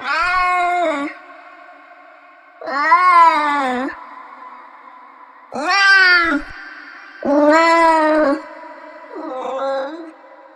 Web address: o som de um gato a miar